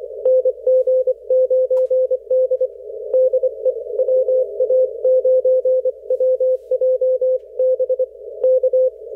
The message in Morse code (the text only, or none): NG9D DE WA9WJB K